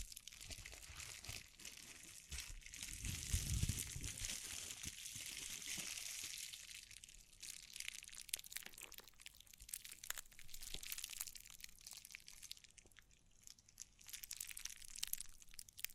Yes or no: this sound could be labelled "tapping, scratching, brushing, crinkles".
yes